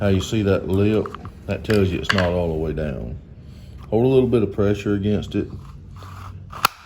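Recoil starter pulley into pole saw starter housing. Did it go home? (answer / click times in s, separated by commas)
yes / 6.6 s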